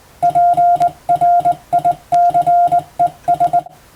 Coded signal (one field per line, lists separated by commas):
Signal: Morse code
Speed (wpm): 20 wpm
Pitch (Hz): 700 Hz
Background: none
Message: PRICES